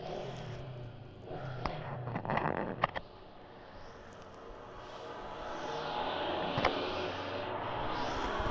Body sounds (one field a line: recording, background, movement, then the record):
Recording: deep breathing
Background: traffic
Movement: sitting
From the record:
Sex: female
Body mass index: 18.8 kg/m2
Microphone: on the chest, facing the body